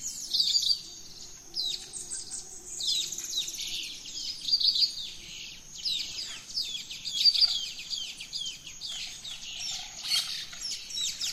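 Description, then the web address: Bird chorus of dense, high chirping and twittering phrases in waves, with louder bursts every few seconds. Dawn chorus in rainforest at Gran Sabana, Venezuela. "naturescapes Birds in the Rainforest 03 Dawn Venezuela Gran Sabana"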